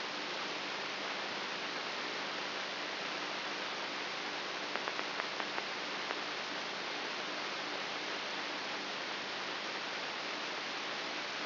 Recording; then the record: brain microelectrode recording played as sound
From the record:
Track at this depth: inside the subthalamic nucleus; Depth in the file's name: 2.04 mm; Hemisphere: right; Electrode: 3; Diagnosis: Parkinson's disease